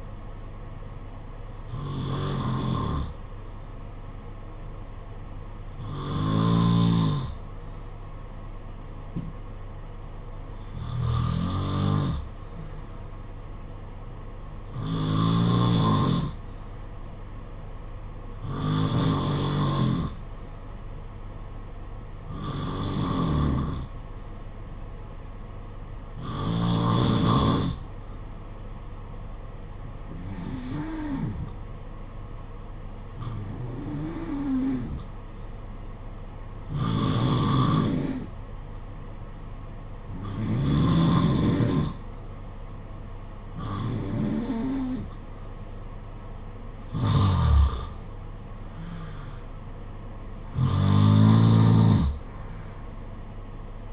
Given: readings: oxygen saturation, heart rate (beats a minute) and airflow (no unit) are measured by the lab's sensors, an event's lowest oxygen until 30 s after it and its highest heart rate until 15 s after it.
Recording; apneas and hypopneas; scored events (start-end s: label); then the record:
breathing in sleep by a smartphone at the bedside; 1
5.00-40.90 s: hypopnea (N2, oxygen 94% highest, then 89% lowest, heart rate 52 at the start, 60 highest)
43.00-53.93 s: new sleep stage, N1 (lightest sleep)
From the record:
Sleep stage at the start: N2 (light sleep); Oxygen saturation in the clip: 90 to 94%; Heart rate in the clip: 50 to 60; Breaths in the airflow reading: 14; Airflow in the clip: -7.8 to 6.3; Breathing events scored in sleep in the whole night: 476 in 9.7 hours asleep